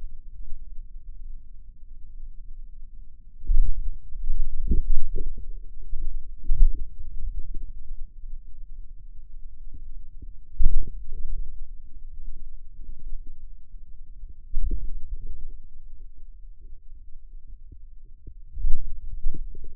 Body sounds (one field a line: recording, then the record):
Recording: forearm muscle sounds (acoustic myography)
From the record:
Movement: wrist flexion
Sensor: system 2, bracelet of six BSWA MPA416 microphones around the upper forearm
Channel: 6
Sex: male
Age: 22 years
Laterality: right